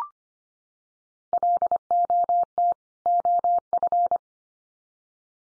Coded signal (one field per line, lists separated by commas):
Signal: Morse code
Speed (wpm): 25 wpm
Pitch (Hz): 700 Hz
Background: none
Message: LOT OF